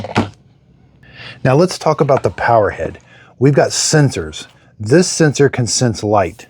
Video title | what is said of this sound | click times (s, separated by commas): Shark Power Detect Clean & Empty (IP3253) Review - Ultimate Cordless Vacuum for Pet Hair & Carpets | Rotate it till it clicks into place. | 0.2 s